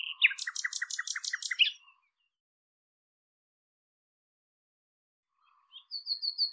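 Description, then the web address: Bird chirping: a rapid run of clipped, rhythmic notes stacked with higher buzzy tones for under two seconds, long silence, then a brief high repeated note series. "cianscape birddata Deverinetal 2025 Bird Lu Me Lu Me"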